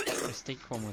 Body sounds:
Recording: coughing mixed with background sound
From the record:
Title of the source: 34 coughing up crap again

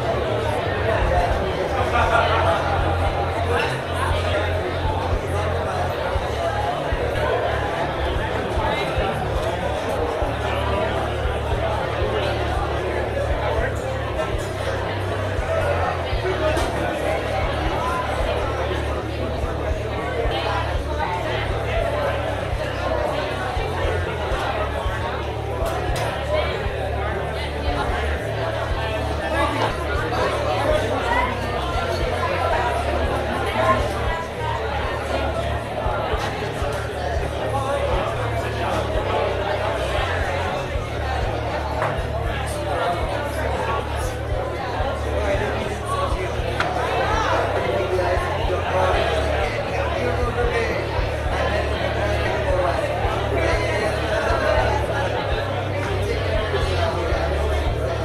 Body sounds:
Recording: background sound without coughing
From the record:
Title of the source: CITY SOUNDS Busy Bar in the Evening Night - 2 HOURS of Ambiance for Relaxation

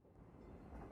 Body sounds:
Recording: background sound without coughing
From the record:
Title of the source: Train Ride Ambience ambient white noise for sleeping, focus, studying, reading

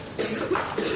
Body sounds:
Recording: coughing mixed with background sound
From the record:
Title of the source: 60 coughing still (deep and wet cough)

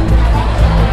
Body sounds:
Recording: background sound without coughing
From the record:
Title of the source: Party Noise 1 Hour Party Ambience

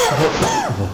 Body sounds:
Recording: coughing mixed with background sound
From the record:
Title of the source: Mid-morning Winter Coughing Fit

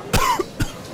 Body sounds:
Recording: coughing mixed with background sound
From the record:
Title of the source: Coughing 51

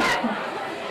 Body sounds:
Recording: coughing mixed with background sound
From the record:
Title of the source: Barking cough - # 10

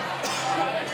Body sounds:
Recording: coughing mixed with background sound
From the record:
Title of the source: Dry Coughing Fit in the Afternoon.

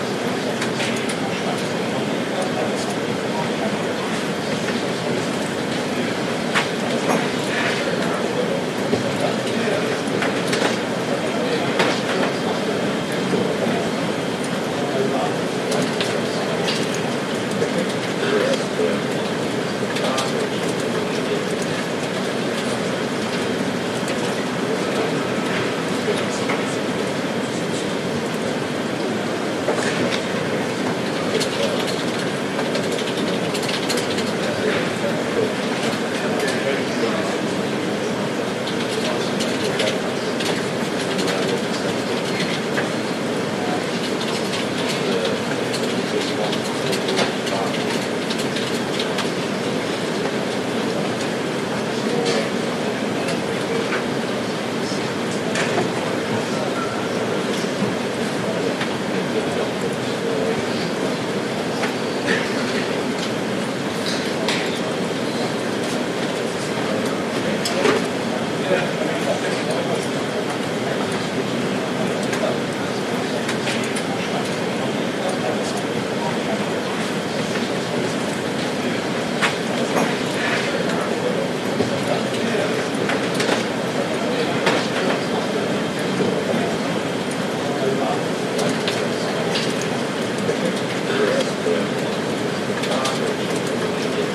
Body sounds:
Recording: background sound without coughing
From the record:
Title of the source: Office Sounds Ambience - Background Noise for Study and Work

